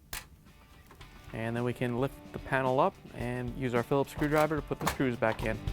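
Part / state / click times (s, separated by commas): wire harness connector into the light socket harness of a microwave / seated / 0.1 s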